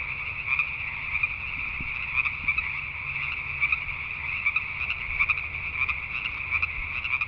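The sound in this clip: Cricket giving a steady, continuous high trill with a faint pulsing texture, unbroken throughout.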